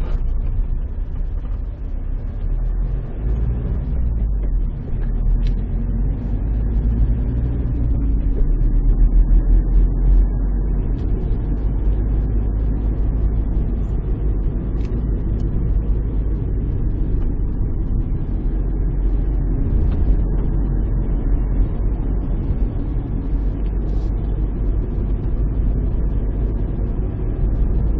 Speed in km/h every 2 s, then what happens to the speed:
9, 17, 24, 29, 35, 39, 39, 39, 33, 33, 31, 37, 35, 44.
0-9 speeds up to 39. 9-14 steady at about 39. 14-16 slows to 33. 16-21 steady at about 33. 21-28 speeds up to 44.